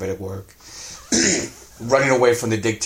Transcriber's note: coughing